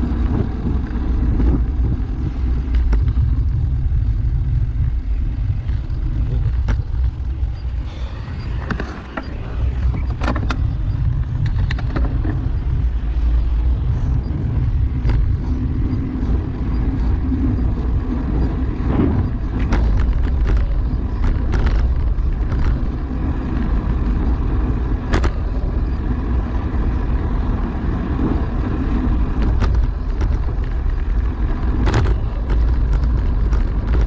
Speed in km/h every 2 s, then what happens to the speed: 15, 13, 9, 8, 8, 11, 13, 17, 20, 22, 23, 24, 24, 25, 26, 27, 26.
0-5 slows to 8. 9-19 speeds up to 23. 19-34 steady at about 25.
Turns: none.